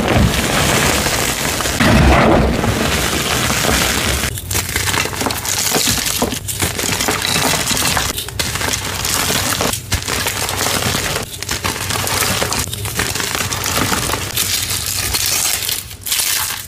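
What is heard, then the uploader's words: Dyed gym chalk blocks crushed, a dense continuous crunching and crackling with brief pauses every second or two. ASMR crushing gym chalk blocks, dyed and fresh chalk covered in gold glitter, gold foil, and with super crispy crunchy sounds. Gold Foil + Glitter Crusted Dyed Chalk Crushes.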